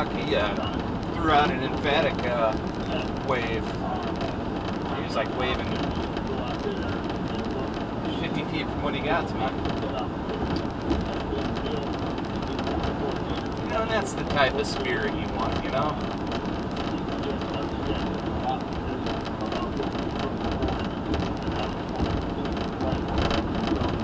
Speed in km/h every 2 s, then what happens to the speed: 109, 109, 109, 109, 109, 109, 109, 109, 111, 109, 109, 109.
0-24 steady at about 109.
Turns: none.